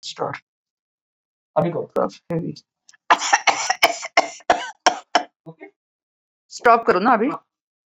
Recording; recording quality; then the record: heavy voluntary cough; moderate, slight background noise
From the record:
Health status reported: COVID-19 positive, no symptoms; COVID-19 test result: positive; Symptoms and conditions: none ticked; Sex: female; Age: 59 years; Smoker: not ticked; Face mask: not worn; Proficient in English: no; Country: India